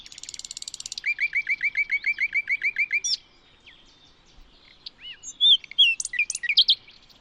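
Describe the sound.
Bird song opening with a buzzy trill, then a run of many clear downslurred notes, followed by a pause and a jumble of high, quick, twittering notes.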